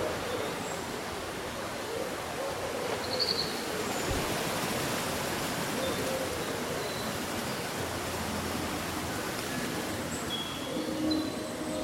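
Summer wind rustles leaves in a steady, dense wash, with a few faint bird calls surfacing briefly around three seconds and later.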